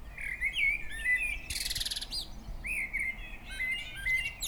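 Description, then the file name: Common blackbird song: a fluted warble followed by a burst of high, rattling twitter, then more rich phrases with thin high notes. "Turdus merula"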